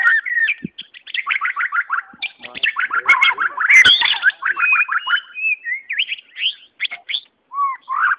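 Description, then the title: White-rumped Shama song: quick rhythmic series of repeated whistled notes and trills, with some harsher chatter and a few isolated clicks. "murai batu"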